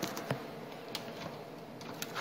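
A graphics card is handled over a motherboard PCIe slot, with short scrapes and taps at about 0.0, 0.3, 1.0 and 2.0 seconds over a steady hum. The slot's retention latch has not yet snapped shut, and the card has not seated or clicked into place.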